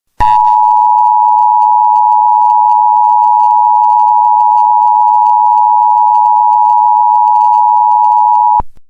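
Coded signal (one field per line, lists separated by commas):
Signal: Emergency Alert System (SAME) tones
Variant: 853 and 960 Hz attention tone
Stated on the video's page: Fictional EAS alert about an escaped Backrooms entity, a horror recreation.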